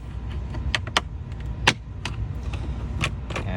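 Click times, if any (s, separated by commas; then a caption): 0.8 s, 1.0 s, 1.7 s. A plastic pry tool is pushed under the top cover of a Tesla's dashboard and levered upward to remove it for a head-up display install. Sharp plastic pops ring out at 0.8, 1.0 and 1.7 s as the retaining clamps release, with fainter snaps following. The clamps pop free and the cover comes loose.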